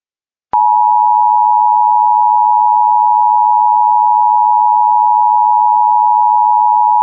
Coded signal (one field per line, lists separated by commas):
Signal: Emergency Alert System (SAME) tones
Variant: 853 and 960 Hz attention tone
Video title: RMT North Dakota (EAS 85)￼